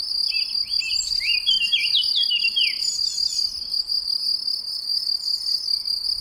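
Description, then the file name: Eurasian blackcap giving a busy, jumbled warble in the first half, then quiet, with a steady high cricket tone running the whole time. "Sylvia atricapilla"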